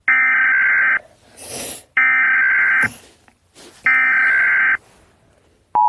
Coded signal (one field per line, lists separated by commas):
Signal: Emergency Alert System (SAME) tones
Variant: header bursts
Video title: EAS Alarms Animation